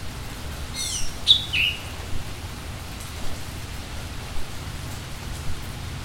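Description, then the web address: Bird giving a few short, high chirps near the start, then only steady rain patter and low rumble continue. "bird in rain mike koenig"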